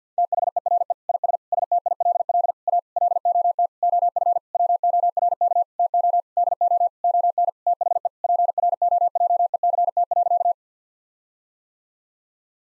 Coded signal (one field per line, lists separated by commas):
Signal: Morse code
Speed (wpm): 50 wpm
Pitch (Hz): 700 Hz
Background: none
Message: THERE IS STILL A LOT OF WORK TO DO ON THE PROJECT.